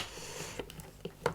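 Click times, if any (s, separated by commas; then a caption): 1.3 s. A jetpack is hooked on at the top of a collectible Heavy Infantry Mandalorian action figure's back (Hot Toys TMS019), then pressed onto small plastic pegs. A few light plastic taps and knocks at about 0.6, 0.7, 0.8 and 1.1 s lead to a sharp click at 1.3 s as it clips in. It seats easily and doesn't move.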